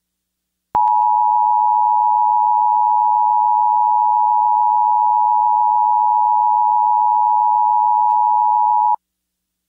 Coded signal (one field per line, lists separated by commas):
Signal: Emergency Alert System (SAME) tones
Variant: 853 and 960 Hz attention tone